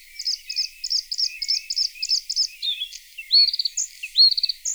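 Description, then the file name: Bluethroat song opening with quick paired high notes repeated rapidly, then turning to sliding whistles and fast clicking trills. Played back. "Blaahals"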